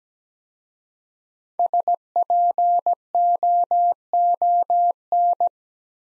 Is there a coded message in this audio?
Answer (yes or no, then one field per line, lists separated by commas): yes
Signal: Morse code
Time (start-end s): 1.6-5.5 s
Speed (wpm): 17 wpm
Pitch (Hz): 700 Hz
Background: none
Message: SPOON